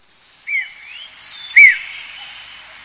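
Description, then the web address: Bird calls: two clear whistled notes about a second apart, the second louder. Recorded in Higashiosaka, Japan. "higashiosaka bird koe"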